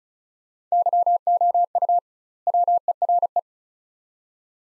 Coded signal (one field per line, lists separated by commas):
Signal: Morse code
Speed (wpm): 36 wpm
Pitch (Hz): 700 Hz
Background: none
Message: YOU WERE